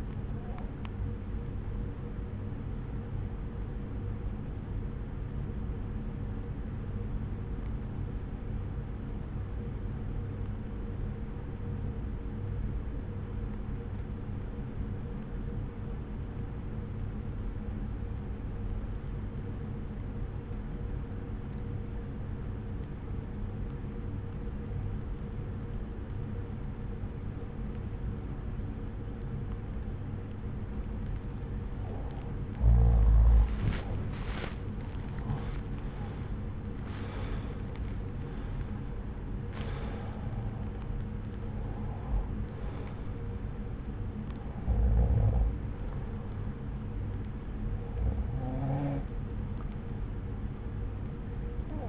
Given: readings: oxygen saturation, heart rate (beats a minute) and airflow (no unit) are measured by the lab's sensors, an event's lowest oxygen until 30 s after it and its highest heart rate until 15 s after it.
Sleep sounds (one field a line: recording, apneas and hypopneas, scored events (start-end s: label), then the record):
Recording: breathing in sleep by a smartphone at the bedside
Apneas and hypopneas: 1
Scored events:
5.00-33.50 s: obstructive apnea (N1, oxygen 96% highest, then 85% lowest)
15.00-45.00 s: new sleep stage, N2 (light sleep)
45.00-51.89 s: new sleep stage, N1 (lightest sleep)
From the record:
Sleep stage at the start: N1 (lightest sleep)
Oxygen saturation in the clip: 87 to 96%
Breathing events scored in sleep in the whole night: 303 in 8.1 hours asleep